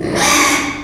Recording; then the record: squeal of a Yucatan mini pig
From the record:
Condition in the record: after surgery on the right vocal fold (resection and tissue-engineered implant); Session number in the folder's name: 3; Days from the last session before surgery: 33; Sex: male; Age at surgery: 12 weeks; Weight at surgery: 13 kg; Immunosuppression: cyclosporine, prednisolone